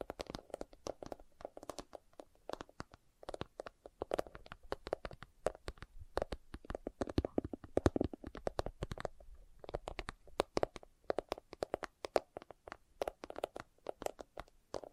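Leather being tapped and scratched in quick, irregular bursts of sharp clicks, with brief pauses around six and nine seconds.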